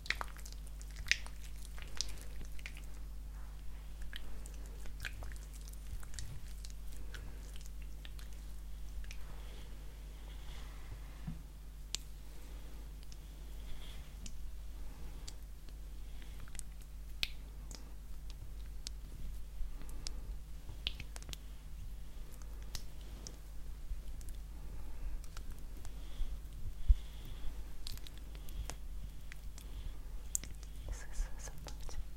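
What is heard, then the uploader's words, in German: Soft face-massage sounds: frequent tiny crackles, taps and squishy skin noises over a steady low hum, with no clear voice. Face massage (skincare, personal attention).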